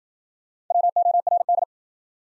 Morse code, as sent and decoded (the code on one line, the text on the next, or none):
.-- --- .-. -..
WORD